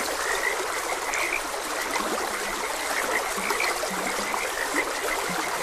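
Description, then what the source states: Frogs croaking in a chorus, low croaks repeating under higher pulsed notes, all set against a steady rush of flowing stream water. Frogs croaking beside a gentle stream.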